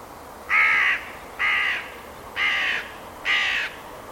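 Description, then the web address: Bird uttering four hoarse, even caws spaced close to a second apart against a low steady hiss. "Deverinetal 2025 File origin Bird Only"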